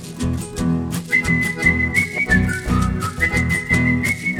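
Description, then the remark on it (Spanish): A person in a hardware store whistles a little song, a melodic tune in a series of sustained high notes, with steady rhythmic low thumping sounds underneath throughout. “Bueno, pero ¿qué significa ese silbido, hombre?”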